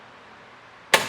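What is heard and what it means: A lowered Inno Tire Hold HD hitch bike rack for two electric bikes, mounted on the hitch of a 2024 Ram 1500, is lifted back up into its seated upright position. After a quiet stretch, its tilt pivot latch clicks into place at 0.9 s with one sharp metallic hit that briefly rings. The rack is seated and locked upright.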